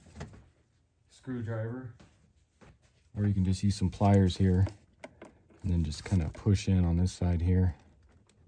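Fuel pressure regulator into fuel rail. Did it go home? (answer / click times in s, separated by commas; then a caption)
no / none. Someone talks while getting ready to push the not-fully-in side of a Chevy/GMC fuel pressure regulator into the fuel rail with pliers or a screwdriver. Only faint brief ticks occur near the start and end. Nothing has seated or clicked yet.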